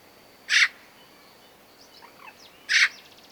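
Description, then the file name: Eurasian magpie giving two single harsh rasping calls about two seconds apart, with faint thin chirps from small birds between them. "Pica pica"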